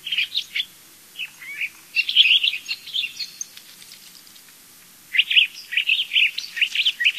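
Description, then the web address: Curve-billed thrasher singing bursts of quick, scratchy, varied notes, a lull around the middle, then another lively run of jumbled phrases. Recorded in North America. "Songs of Birds of North America Stokes. Curve-billed Thrasher"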